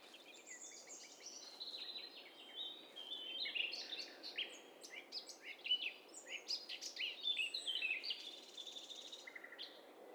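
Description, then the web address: Many birds singing together, a busy tangle of high chirps, short trills and whistles overlapping continuously with no single voice standing out. Stereo; many birds singing at once. "Hi Fi STEREO BIRD COCKTAIL PARTY Challenge"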